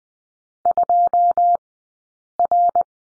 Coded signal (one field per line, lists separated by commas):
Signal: Morse code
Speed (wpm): 20 wpm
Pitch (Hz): 700 Hz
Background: none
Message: 2R